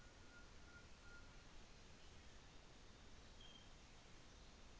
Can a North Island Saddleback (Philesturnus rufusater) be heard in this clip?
no